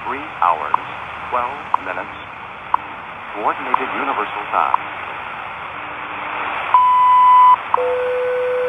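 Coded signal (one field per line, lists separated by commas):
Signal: radio time signal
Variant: WWV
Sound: voice announcement over ticks each second, a long high beep, then steady lower tone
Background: radio static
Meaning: The 1 kHz tone marks the start of a new minute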